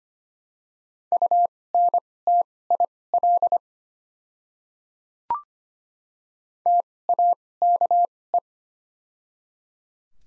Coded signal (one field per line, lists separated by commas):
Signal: Morse code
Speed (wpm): 25 wpm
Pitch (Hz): 700 Hz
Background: none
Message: UNTIL TAKE